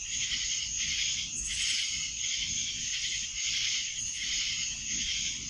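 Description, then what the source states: Cicada chorus: an unbroken high buzzing hiss, pulsing gently in waves, with faint low background noise. Cicadas in Annapolis, July 2012.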